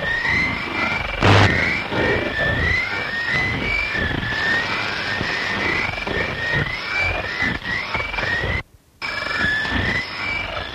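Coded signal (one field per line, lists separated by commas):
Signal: numbers station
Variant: Backwards Music Station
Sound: warbling, swooping tones like reversed music buried in hissing radio noise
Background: radio static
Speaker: The difference between this numbers station and most others is that it never plays any voice messages, just endless, hellish noises.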